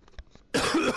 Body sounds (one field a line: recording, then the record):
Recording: coughing mixed with background sound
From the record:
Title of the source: Coughing 46